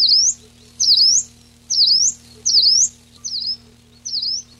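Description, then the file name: Common chiffchaff singing: high, sweeping notes dipping then rising, repeated about once a second, with a steady low hum underneath. Recorded 14 June 1993. "14 06 93 Phcollibita"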